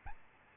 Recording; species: mosquito wingbeat signal from an infrared sensor; Aedes albopictus